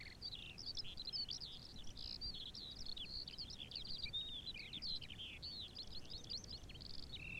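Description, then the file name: Eurasian skylark song, a continuous rapid stream of high twittering, trilling and whistled notes without pause, over low rumbling background noise. "Feldlerche"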